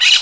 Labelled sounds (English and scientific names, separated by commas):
Brown-throated Parakeet (Eupsittula pertinax) contact call